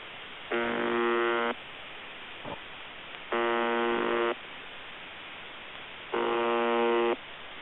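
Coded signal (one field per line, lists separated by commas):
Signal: channel marker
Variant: UVB-76 (The Buzzer)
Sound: three harsh one-second buzzes, evenly spaced about three seconds apart, through hiss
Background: radio static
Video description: UVB-76 "The Buzzer" sounds a bit broken. Received in Denmark with Airspy HF+ and Gqrx SDR on 2017-10-21 23:53z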